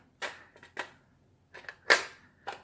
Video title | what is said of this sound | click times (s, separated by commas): Airsoft: Ares Amoeba AM-006 (M4-CCC-S) unboxing review: weights, testing speed and accuracy. | positive click | 1.9 s